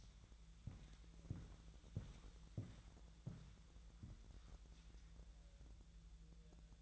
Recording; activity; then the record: daily activity, microphone in the room; walk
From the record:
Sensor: 3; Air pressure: 1001.9 hPa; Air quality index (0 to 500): 243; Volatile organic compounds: 114 ppm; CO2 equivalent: 3840 ppm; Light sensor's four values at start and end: 9/21/9/9 and 9/21/9/9